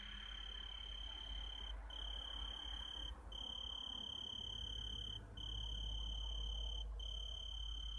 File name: Oecanthus pellucens Radzikowski Pawel